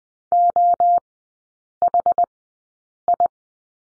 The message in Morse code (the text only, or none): OHI